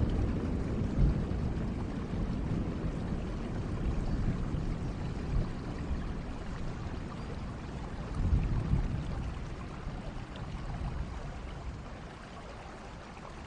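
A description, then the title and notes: Heavy rainfall pours steadily, a dense, unbroken wash of sound weighted toward a deep rumble. Low, rolling swells rise around the one-second mark and again near eight seconds, like thunder, before the sound eases slightly toward the end. Thunder and Heavy Rainfall "Rain Sounds" Ambient Nature Sounds.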